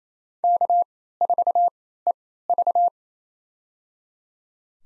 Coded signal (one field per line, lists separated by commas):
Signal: Morse code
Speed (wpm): 27 wpm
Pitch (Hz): 700 Hz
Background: none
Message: K4EV